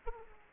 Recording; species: mosquito wingbeat signal from an infrared sensor; Aedes aegypti